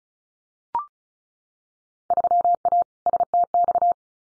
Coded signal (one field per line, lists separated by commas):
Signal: Morse code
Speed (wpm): 36 wpm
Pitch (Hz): 700 Hz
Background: none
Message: 3A STX